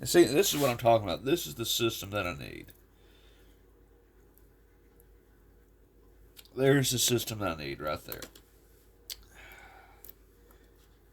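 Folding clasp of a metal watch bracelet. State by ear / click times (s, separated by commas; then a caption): seated / 9.1 s. Someone talks while handling the folding clasp of a metal watch bracelet, then folds the clasp over and it locks shut with a sharp click at 9.1 seconds. Faint small clicks and soft handling noises follow before the clip ends.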